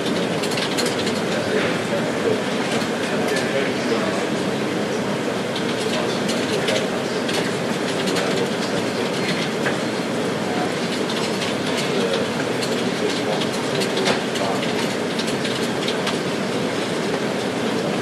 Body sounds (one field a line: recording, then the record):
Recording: background sound without coughing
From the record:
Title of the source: Office Sounds Ambience - Background Noise for Study and Work